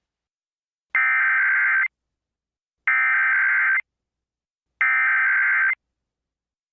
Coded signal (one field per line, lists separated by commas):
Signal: Emergency Alert System (SAME) tones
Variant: header bursts